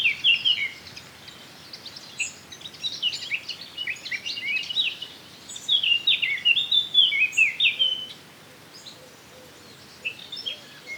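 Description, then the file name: Eurasian blackcap song, fast jumbled warbling of scratchy and clear notes, strongest in the middle, then fading to scattered short notes near the end. "Sylvia atricapilla"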